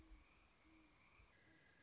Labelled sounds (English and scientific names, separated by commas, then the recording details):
Great Horned Owl (Bubo virginianus)
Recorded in Sonoma County, California